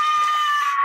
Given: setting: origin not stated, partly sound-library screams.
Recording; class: one-second piece from a danger detection set; woman in danger